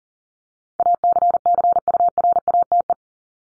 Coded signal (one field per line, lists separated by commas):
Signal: Morse code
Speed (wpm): 37 wpm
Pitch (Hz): 700 Hz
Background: none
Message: ACCURATE